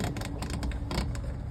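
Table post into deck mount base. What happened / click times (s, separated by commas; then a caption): The post ratchets down through a run of clicks until snug / 0.0 s, 0.2 s, 0.5 s, 0.6 s, 0.9 s, 1.0 s. A table post is screwed down into its deck mount base, making a run of clicks at about 0.0, 0.3, 0.5, 0.6, 0.9 and 1.0 seconds. It is turned until it is snug and seated, and the table top is then put back on and feels sturdy.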